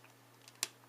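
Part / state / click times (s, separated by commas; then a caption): plastic gun part into a groove on the model's shield/arm mount / seated / 0.6 s. A plastic model-kit gun is slid along a groove at the front of its plastic shield/arm mount and pushed until it snaps into place, with one sharp, bright click at 0.6 s over a steady low hum and a few faint ticks. The gun is seated and locked on, held firmly so it won't come loose.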